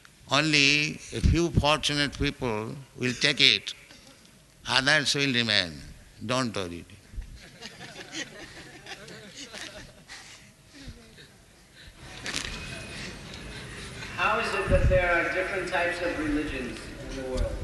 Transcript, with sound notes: Only a few fortunate people will take it. Others will remain. Don't worry. [laughter]
"How is that there are different types of religions in the world?"